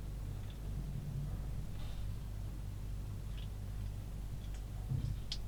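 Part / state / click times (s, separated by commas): plastic model kit part into a jeep model assembly / not seated / none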